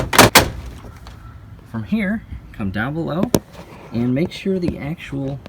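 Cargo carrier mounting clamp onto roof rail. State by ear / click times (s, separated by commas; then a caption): seated / 0.4 s. The tabs of a Thule rooftop cargo carrier's mounting clamp are lined up and pushed down so the locking teeth pass through the slots around the roof rail. A softer knock at about 0.2 s is followed by a sharp click at 0.4 s as the clamp seats. Someone then talks over quiet background noise.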